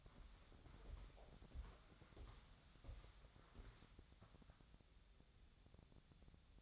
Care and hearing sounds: daily activity, microphone in the room; walk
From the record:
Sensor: 3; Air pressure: 1015.3 hPa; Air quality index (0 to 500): 129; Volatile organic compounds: 5 ppm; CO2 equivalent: 1820 ppm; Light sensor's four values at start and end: 15/39/16/17 and 13/35/14/15

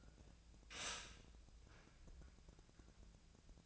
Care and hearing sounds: daily activity, microphone in the room; stop toaster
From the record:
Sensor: 2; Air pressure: 1000.0 hPa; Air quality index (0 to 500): 148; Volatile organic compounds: 2 ppm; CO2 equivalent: 1256 ppm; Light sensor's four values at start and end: 26/65/28/30 and 26/65/28/30

